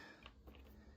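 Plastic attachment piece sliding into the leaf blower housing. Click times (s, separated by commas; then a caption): 0.3 s, 0.5 s. A plastic blower attachment is slid sideways into the housing of a Yardworks 48V Lithium Ion Max 750 CFM Brushless AeroForce 2.0 leaf blower lying on its side. Sharp clicks are heard at 0.3 s and 0.6 s over a low steady hum. The attachment is seated.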